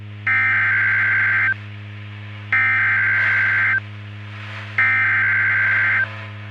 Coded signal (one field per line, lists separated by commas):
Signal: Emergency Alert System (SAME) tones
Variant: header bursts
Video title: Summers Day (EAS Scenario)